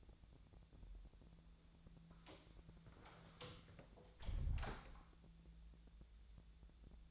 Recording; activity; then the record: daily activity, microphone in the room; close door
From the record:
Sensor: 3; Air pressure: 1000.4 hPa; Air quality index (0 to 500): 175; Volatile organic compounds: 3 ppm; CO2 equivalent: 1520 ppm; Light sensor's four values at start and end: 13/30/13/13 and 13/30/13/13